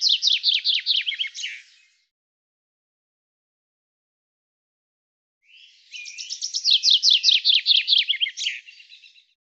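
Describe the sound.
Bird song: a fast trill of sharp descending notes lasting about one and a half seconds, then silence, then a longer trilled phrase that ends in a brief flourish.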